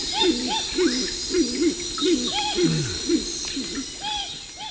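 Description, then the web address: Horned screamer giving arched, hooting call notes in quick, uneven series, with a steady high hiss throughout. Recorded in the eastern lowlands of South America. "Natures Songs S America Eastern Lowlands. Horned Screamer"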